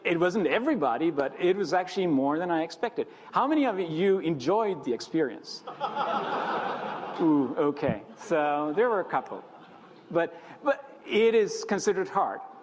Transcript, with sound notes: it wasn’t everybody, but it was actually more than I expected. How many of you enjoyed the experience? [laughter] Oooh, OK, so there were a couple. It is considered hard.